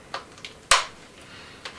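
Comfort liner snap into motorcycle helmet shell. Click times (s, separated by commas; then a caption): 0.7 s. The rear snap of a comfort liner is pressed closed into a Bell Star motorcycle helmet shell after the back of the liner is lined up. Faint ticks come before and after a sharp, bright click at 0.7 s. The liner is seated.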